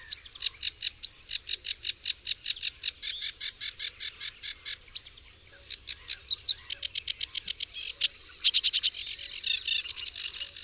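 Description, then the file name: Sedge warbler song: long chattering runs of quick scratchy notes with a few sliding whistles, a short pause, then another burst. "ROKITNICZKA"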